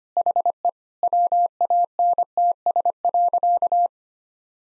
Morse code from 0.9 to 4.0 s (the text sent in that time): WANTS.